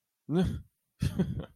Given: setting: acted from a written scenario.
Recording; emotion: vocal sound without words; contempt